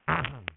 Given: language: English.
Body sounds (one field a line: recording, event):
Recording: throat vibration sensor signal played as sound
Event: throat clearing